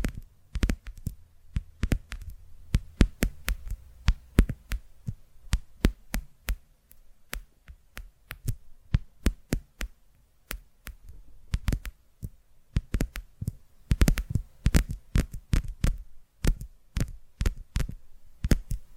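Rapid, uneven tapping with sharp clicks and soft low thumps, arriving in dense bursts and brief pauses over a faint low hum.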